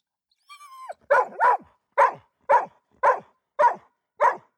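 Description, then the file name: Dog whining briefly with a high falling whimper, then barking in a regular series of seven sharp barks, about two per second. "dog bark whine"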